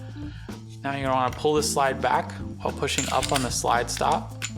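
Someone talks over background music while getting ready to pull back the slide of a small Smith & Wesson 380 EZ pistol and push up on the slide stop lever, so the slide will lock open. Nothing has locked or clicked into place yet; the clip ends before the slide catches.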